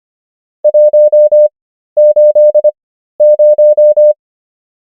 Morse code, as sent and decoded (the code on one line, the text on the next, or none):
.---- ---.. -----
180